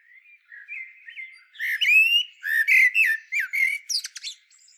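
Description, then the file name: Eurasian blackbird song: a soft, low whistled warble that grows louder into rich fluty notes, then a quick burst of thin, squeaky high notes at the end. "Turdus merula"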